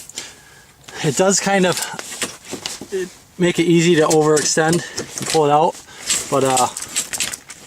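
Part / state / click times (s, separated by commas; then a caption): shelter frame pole in its hub lock / not seated / none. Someone talks while handling the frame pole of a Clam Nanook ice shelter in its hub lock, a pole that is easy to overextend and pull out, with faint knocks and rattles around the speech. The pole is being moved back toward position, but nothing has seated or clicked into place yet.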